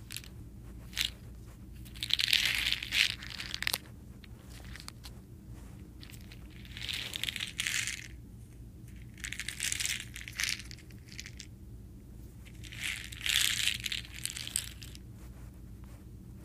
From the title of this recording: ASMR Soda Candies